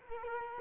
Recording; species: mosquito wingbeat signal from an infrared sensor; Culex quinquefasciatus